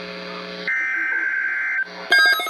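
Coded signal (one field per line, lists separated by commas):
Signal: Emergency Alert System (SAME) tones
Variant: header bursts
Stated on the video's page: Received EAS tests, including Required Weekly Tests.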